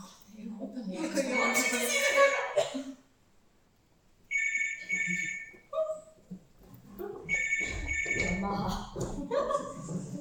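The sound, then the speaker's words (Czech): A telephone rings in two short, bright, buzzing bursts separated by a pause. Voices and whimpering vocal sounds come before and between the rings. “Nikdy nezvedej telefon.”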